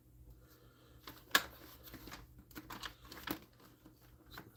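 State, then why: Not seated. Someone pushes the priming slide of a toy blaster forward into the blaster body, with a sharp plastic knock at about 1.4 s and softer knocks near 2.9 s and 3.3 s amid light rustling handling noise. The slide does not go fully forward to its locked position, and nothing has seated or clicked yet.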